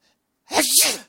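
A single explosive, hissy male sneeze with a brief voiced rise.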